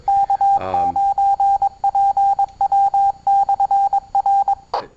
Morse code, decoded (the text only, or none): K9PW/R